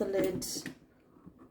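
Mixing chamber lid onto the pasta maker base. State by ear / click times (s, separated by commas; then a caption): not seated / none. Someone talks while the mixing chamber lid of an Optimum Mamma 5-in-1 countertop pasta maker is handled and lowered onto the base, with soft rustling and faint contact sounds. The lid has not clicked or locked into place yet.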